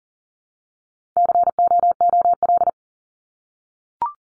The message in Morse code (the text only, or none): COOL